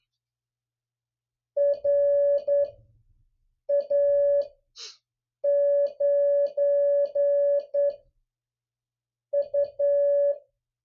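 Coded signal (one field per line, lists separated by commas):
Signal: Morse code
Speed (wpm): 11 wpm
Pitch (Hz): 570 Hz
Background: none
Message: RA9U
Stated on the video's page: Mixed USA and DX call sign copy practice in Morse at three different speeds.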